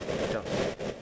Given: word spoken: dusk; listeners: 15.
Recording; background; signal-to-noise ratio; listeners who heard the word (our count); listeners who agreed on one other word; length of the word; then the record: one English word in noise, from a listening test; noise modulated by three-talker babble; -7.8 dB; 3 of 15; 6 of 15; 0.63 s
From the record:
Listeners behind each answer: 6, 3, 2, 1, 1, 1, 1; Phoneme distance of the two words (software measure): 10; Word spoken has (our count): 1 syllable, 4 phonemes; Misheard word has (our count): 1 syllable, 4 phonemes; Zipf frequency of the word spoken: 3.40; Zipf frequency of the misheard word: 4.39